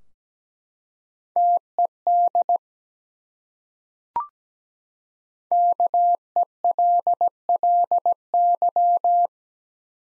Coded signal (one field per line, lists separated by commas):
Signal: Morse code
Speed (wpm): 17 wpm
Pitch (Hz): 700 Hz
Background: none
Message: TED KELLY